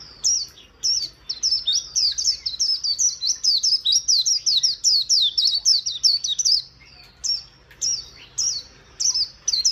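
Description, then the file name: White-eye song: a long, fast run of high, sweet, slurred notes dropping in pitch, then spaced single chirps. "Zosterops"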